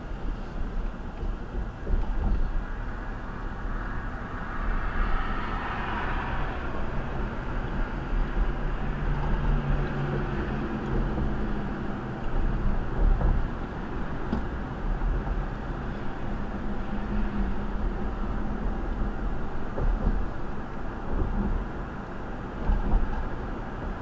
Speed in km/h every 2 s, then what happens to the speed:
39, 42, 47, 52, 53, 55, 56, 52, 53, 53, 53, 55.
0-11 speeds up to 56. 11-24 steady at about 53.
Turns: none.